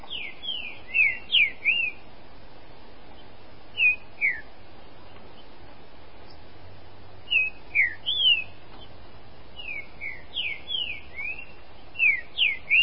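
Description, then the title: Green-winged saltator giving rich whistled phrases of rapid up-and-down slurred notes, repeated in clusters separated by short silences, over soft background hiss. "Trinca Ferro"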